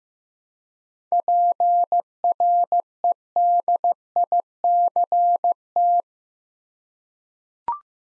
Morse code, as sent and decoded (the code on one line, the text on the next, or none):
.--. .-. . -.. .. -.-. -
PREDICT